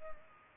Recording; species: mosquito wingbeat signal from an infrared sensor; Culex pipiens